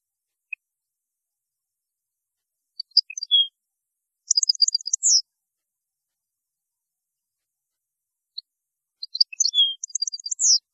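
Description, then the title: European goldfinch song, bursts of rapid high tinkling notes ending in a descending slur, given twice with a long pause between. "Chant Chardonneret"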